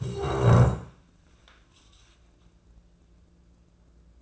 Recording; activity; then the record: daily activity, microphone in the room; stand up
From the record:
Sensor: 2